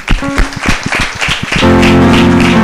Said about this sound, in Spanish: ¡Aplauso!